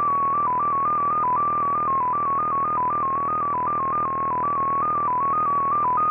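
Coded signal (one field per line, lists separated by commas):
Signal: multi-tone FSK (Olivia or MFSK type)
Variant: XPA2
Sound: a steady warbling tone hopping between close pitches several times a second, continuous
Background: radio static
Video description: XPA2 is a digital mode of the Russian 7 operator. It utilizes a custom 14-tone MFSK system.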